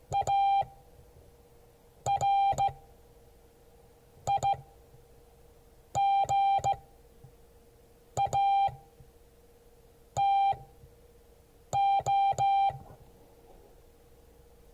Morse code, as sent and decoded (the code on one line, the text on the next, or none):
.- .-. .. --. .- - ---
ARIGATO